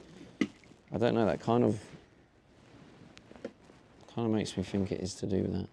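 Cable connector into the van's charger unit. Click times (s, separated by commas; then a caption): 0.4 s. A cable connector is pushed home into a van's charger unit while checking for a loose connection. It gives a sharp click at 0.4 s that shows it has locked in place, followed by a few faint ticks. Someone talks before and after.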